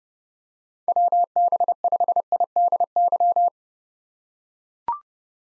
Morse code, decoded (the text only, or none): WB5IDY